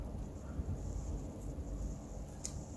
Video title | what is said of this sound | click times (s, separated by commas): Pembuatan Kabel UTP/LAN Straight dan Cross | Nah sudah bunyi klik | 2.4 s